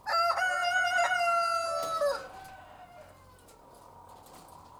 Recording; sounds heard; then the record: poultry house recording; sick chickens (respiratory disease)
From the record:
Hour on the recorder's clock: 13